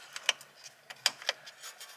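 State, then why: Seated. A keyed plastic electrical connector on a replaced BMW wheel speed sensor is pushed home into its harness connector. Several short, sharp plastic ticks and clacks are heard, and the loudest, at 1.1 s, is the latch clicking in. The connector is seated.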